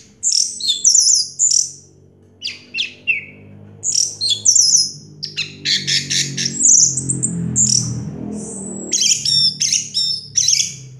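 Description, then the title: Orange-headed thrush song with varied high notes, sharp whistles, buzzy bursts and trills that run nearly continuously, with a faint low rumble beneath. Sound used to prompt an orange-headed thrush that has stopped singing to start singing again. "Anis Merah Macet.. Pancing Dengan Suara Ini.. # Anis Merah"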